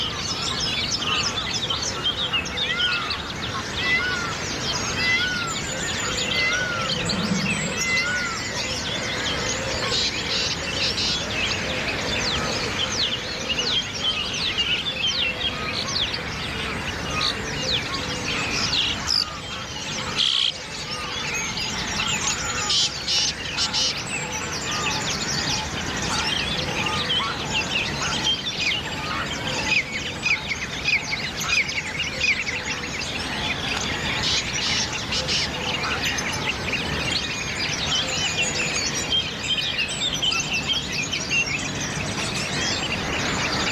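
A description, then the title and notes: A dense dawn chorus of many birds singing at once, with overlapping chirps, trills and whistles filling the whole 44 seconds. The level stays steady throughout, apart from a brief dip just after twenty seconds, and a soft, constant hiss runs beneath the songs. Dawn Chorus. De Chouer vum fréie Mueren - live aus Irland. Anne’s Park an der Bull Island bei Dublin.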